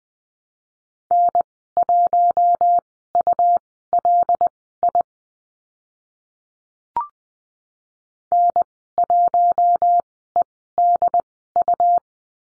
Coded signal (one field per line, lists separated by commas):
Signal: Morse code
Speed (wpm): 20 wpm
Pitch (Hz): 700 Hz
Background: none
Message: N1ULI N1EDU